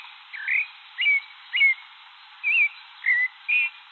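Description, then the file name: Thrush song with six separate whistled notes, rising and falling slurs spaced about half a second apart. "canto do sabia de cabeca cinza"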